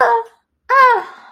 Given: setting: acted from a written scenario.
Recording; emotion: vocal sound without words; pain